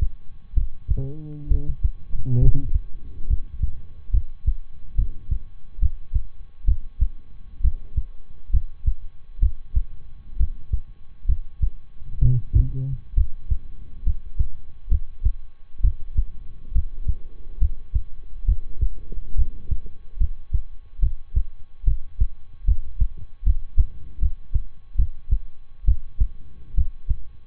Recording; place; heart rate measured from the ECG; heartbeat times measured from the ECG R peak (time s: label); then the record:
heart sounds by stethoscope; between the tricuspid and mitral areas; 69 bpm
0.53 s: heartbeat
1.47 s: heartbeat
2.38 s: heartbeat
3.26 s: heartbeat
4.10 s: heartbeat
4.94 s: heartbeat
5.78 s: heartbeat
6.64 s: heartbeat
7.60 s: heartbeat
8.50 s: heartbeat
9.39 s: heartbeat
10.36 s: heartbeat
11.25 s: heartbeat
12.18 s: heartbeat
13.13 s: heartbeat
14.02 s: heartbeat
14.88 s: heartbeat
15.80 s: heartbeat
16.71 s: heartbeat
17.58 s: heartbeat
18.44 s: heartbeat
19.34 s: heartbeat
20.17 s: heartbeat
20.99 s: heartbeat
21.84 s: heartbeat
22.64 s: heartbeat
23.43 s: heartbeat
24.18 s: heartbeat
24.95 s: heartbeat
25.84 s: heartbeat
26.74 s: heartbeat
From the record:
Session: rest, lying down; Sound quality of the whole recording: good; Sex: male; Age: 23 years